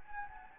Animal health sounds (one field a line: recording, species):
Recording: mosquito wingbeat signal from an infrared sensor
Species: Anopheles gambiae